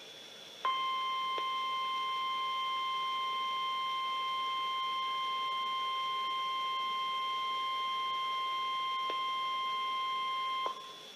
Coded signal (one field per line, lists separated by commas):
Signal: Emergency Alert System (SAME) tones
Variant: 1050 Hz attention tone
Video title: EAS #243 - Areal Flood Watch Extension on KIH28 3-29-2014